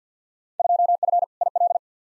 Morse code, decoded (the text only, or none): 2F IL